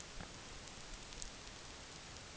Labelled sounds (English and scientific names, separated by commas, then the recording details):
none
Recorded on Arctic tundra, site NAIT-1, on 27 June 2019
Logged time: 20:00